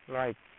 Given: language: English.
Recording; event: throat vibration sensor signal played as sound; speech